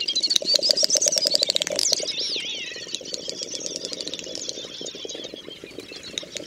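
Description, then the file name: Great snipe song: rapid dry clicks and bubbling ticks with high whistled, warbling trills that rise and fall, with a sweeping whistled flourish near two seconds. "Dubelt"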